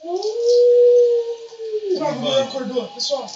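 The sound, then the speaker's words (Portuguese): A long, steady howl holds one sustained pitch for under two seconds, then fades as a person starts talking over the remaining sound. “Vem vindo uivando ali.”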